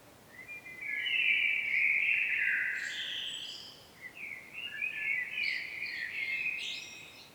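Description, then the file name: Common blackbird song: a loud mellow warble rising into high scratchy notes, followed by a second, softer, more twittering phrase. "Turdus merula"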